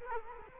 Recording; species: mosquito wingbeat signal from an infrared sensor; Culex quinquefasciatus